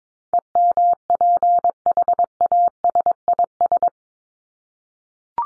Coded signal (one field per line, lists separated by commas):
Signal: Morse code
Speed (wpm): 22 wpm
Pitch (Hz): 700 Hz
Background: none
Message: EMPHASIS